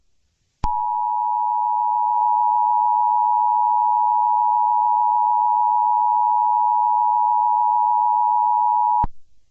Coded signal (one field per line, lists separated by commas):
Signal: Emergency Alert System (SAME) tones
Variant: 853 and 960 Hz attention tone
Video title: EAS Severe thunderstorm warning For Maryland, West Virginia and virginia